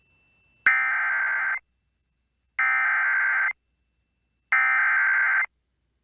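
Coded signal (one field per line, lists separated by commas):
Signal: Emergency Alert System (SAME) tones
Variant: header bursts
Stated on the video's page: EAS tones from NOAA Weather Radio, Northeast Ohio and Northern Pennsylvania, November storm.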